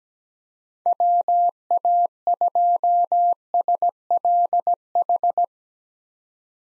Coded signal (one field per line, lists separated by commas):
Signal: Morse code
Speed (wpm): 17 wpm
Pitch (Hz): 700 Hz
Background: none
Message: WA2SLH